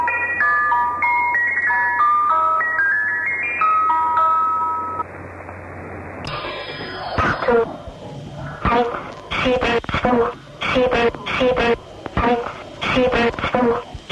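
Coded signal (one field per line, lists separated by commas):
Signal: numbers station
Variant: Swedish Rhapsody, child's voice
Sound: tinkling music-box tune for six seconds, then a voice reading short, evenly spaced words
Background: radio static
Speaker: Et on va écouter à présent un extrait de la Number Station nommé Swedish Rhapsody, dont la voix d'enfant est particulièrement dérangeante. Ça dure 47 secondes.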